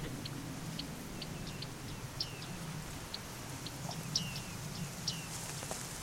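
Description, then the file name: Bearded reedling calls: scattered short, high pinging notes, some with a downward slide, over a steady low rumble. Recorded 28 August 2013 at the Mohrweiher ponds area, Erlangen-Höchstadt district, Germany. "Bartmeise. Mohrweihergebiet ERH. Barbara Goldmann"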